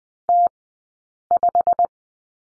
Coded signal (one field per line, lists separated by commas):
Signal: Morse code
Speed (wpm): 20 wpm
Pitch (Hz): 700 Hz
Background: none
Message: T5